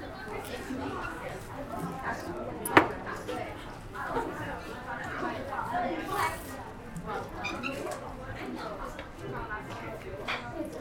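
A busy noodle shop full of steady, overlapping voices, several people talking at once. A sharp clatter stands out near the three-second mark, with smaller clinks of dishes scattered through the constant chatter.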